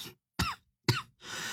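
Two short, sharp coughs about half a second apart, each a brief forceful burst, followed by a noisy breath in. An adult man's cough during influenza A with fever, one of many repeated coughs, with the chest held back from straining.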